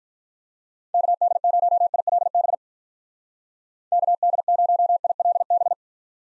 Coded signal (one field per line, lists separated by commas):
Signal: Morse code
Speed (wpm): 47 wpm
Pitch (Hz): 700 Hz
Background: none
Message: KD0ILB KD0ILB